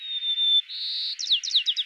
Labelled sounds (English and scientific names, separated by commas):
White-crowned Sparrow (Zonotrichia leucophrys) song